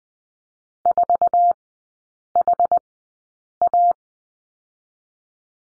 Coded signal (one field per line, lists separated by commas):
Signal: Morse code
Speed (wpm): 20 wpm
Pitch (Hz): 700 Hz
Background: none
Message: 4 H A